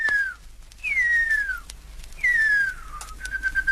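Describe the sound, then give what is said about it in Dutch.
A whistled imitation of the song of the extinct huia bird of the New Zealand forest: clear, pure tones that slide downward in long glides, three drawn-out descending whistles followed by a steady held note, with no talking. “Ja, de roep van de zeldzame hoeja-vogel. Dit is wel nabootsing van zijn zang, want de vogel is uitgestorven.”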